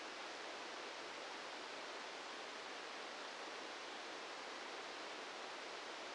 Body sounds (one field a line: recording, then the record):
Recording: brain microelectrode recording played as sound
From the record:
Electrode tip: outside the subthalamic nucleus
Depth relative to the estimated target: -8 mm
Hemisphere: right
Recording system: NeuroSet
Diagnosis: Parkinson's disease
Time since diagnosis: 13 years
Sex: male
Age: 66 years